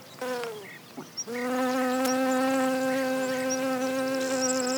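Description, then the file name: Honey bee buzzing: a steady, low, even hum starts after a second of quieter buzzing and holds unchanged to the end. Recorded at Genista (broom) plants. "Apis Genista"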